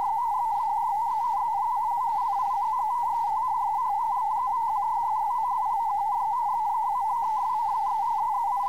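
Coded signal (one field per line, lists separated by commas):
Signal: multi-tone FSK (Olivia or MFSK type)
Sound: rapid warbling narrow tone near 900 Hz, continuous, with a faint steady higher whine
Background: radio static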